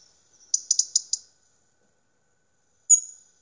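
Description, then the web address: European robin: a brief burst of four high thin notes, then a lone high whistle after a pause. Recorded at Saint-Amant-de-Boixe, France, in March 2020. "st-amant-boixe 2020 03 Rouge-gorge"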